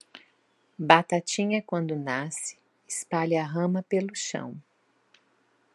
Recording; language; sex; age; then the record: short text; Brazilian Portuguese; female; 50 to 59 years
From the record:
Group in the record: control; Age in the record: 50 years